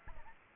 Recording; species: mosquito wingbeat signal from an infrared sensor; Aedes albopictus